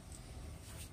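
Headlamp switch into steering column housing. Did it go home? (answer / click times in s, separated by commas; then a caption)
no / none. A new headlamp switch for a Hyundai Elantra is handled as it is pushed toward its plastic steering column housing, with a steady low rumble and a brief sharp sound near 0.1 s. Nothing has seated or clicked yet; the switch is not yet locked into place.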